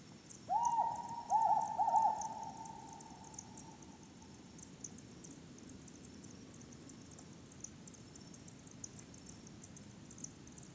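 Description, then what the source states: Hume's owl giving a few tremulous, wavering hoots on a steady pitch in quick succession, then a long quiet stretch with faint high buzzing throughout. Compound hooting of a presumed female.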